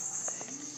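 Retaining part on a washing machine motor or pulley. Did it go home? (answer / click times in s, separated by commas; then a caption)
no / none. A retaining part is being fitted onto the motor or pulley of a twin-tub washing machine during a repair, with a steady high hiss and a couple of soft handling taps. Nothing has seated or clicked yet; the part has not gone home when the clip ends.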